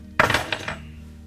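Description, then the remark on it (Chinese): A room key is handed over: a bright metallic jingle of keys, starting with a sharp clink and followed by a few quicker rattles that ring briefly and fade, with no talking. “拿着房间钥匙。”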